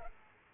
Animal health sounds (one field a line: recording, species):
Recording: mosquito wingbeat signal from an infrared sensor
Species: Culex pipiens